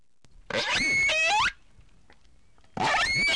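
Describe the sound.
Whale calls: two loud bursts of squealing, rising harmonic whistles mixed with buzzy pulsed sound, separated by a pause with faint clicks.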